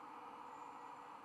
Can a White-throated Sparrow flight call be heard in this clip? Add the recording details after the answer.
no. No flight call is heard. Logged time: 05:31 on 1 December 2014